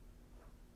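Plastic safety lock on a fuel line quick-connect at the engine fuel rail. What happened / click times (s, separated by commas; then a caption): Handled, not yet seated: the plastic fuel line lock has not clicked in / none. A plastic safety lock on a fuel line quick-connect at the engine fuel rail of a Buick/Cadillac/Chevy/GMC engine is hooked on and pressed down after the fuel lines are pushed back onto the rail. Only quiet, low handling noise is heard, with a faint, brief tick at 0.8 s. The lock has not clipped into place yet.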